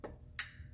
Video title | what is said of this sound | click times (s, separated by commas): 2009 Subaru Forester - Radiator Replacement - Cooling System Bleeding | uh yes the satisfying click is what we want to hear | 0.4 s